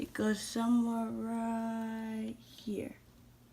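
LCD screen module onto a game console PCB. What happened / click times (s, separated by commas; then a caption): Part handled, not yet seated: no seating click heard / none. An LCD screen module is handled over its spot on the circuit board of a MAKERbuino DIY game console, where it is meant to snap into place before being soldered on. Someone talks throughout, and no click is heard. Nothing has seated or clicked yet.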